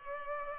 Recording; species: mosquito wingbeat signal from an infrared sensor; Culex pipiens